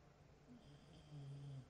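A low, rumbling snore from a bulldog, with a louder drawn-out snort in the last half second, over quiet room noise. Ordinary snoring from a dog sleeping nearby in the room.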